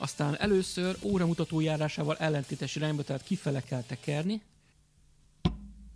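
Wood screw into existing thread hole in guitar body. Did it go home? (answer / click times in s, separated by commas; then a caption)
yes / 5.4 s. Someone talks, then after a short quiet stretch a wood screw placed in an existing thread hole in a guitar body is turned counter-clockwise (backwards). At 5.5 s it drops into the start of the old wood thread with a single sharp click, showing it has found the previous thread and is seated, ready to be screwed in.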